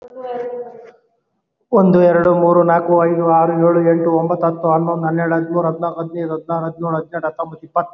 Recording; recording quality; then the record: counting at a fast pace; excellent, no background noise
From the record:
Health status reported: COVID-19 positive, mild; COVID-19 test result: positive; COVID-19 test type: rapid antigen test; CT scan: not taken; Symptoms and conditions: fever, fatigue, muscle pain, asthma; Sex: male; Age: 30 years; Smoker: no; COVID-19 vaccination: both doses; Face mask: worn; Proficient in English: no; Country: India